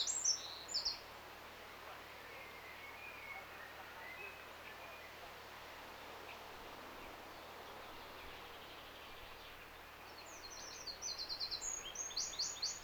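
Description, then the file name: Eurasian wren: a short high trill at the start, long quiet with steady hiss, then another rapid burst of shrill notes at the end. "Troglodytes troglodytes"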